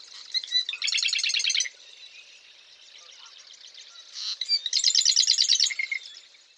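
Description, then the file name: Marsh wren giving two songs about four seconds apart, each a fast rattling trill of repeated notes, with soft buzzy chatter in between. Eastern male marsh wren singing in Massachusetts. "Massachusetts 1 Eastern-male-108 Ma Wr-MA"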